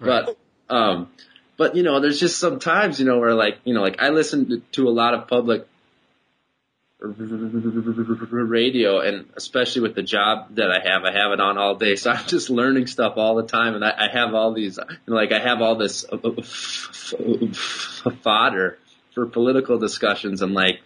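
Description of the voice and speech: An adult man who stutters a lot talks conversationally. He stops silently mid-phrase for about three seconds between "public" and "radio", and later for nearly two seconds before "fodder". He also stretches sounds and uses frequent fillers. These silent blocks and prolongations are typical of stuttering.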